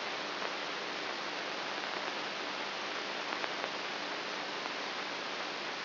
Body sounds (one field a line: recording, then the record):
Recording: brain microelectrode recording played as sound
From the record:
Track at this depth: inside the subthalamic nucleus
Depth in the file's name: 2.04 mm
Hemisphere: right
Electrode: 3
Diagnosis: Parkinson's disease